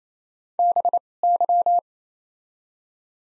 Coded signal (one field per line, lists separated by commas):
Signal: Morse code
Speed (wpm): 27 wpm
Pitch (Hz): 700 Hz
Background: none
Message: B Y